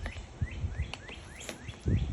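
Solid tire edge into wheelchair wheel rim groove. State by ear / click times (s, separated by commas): not seated / none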